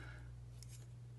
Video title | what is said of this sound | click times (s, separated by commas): How to Assemble Your New Key Cap Onto Your Ultion WXM Key | let's click it back in that's it | 0.6 s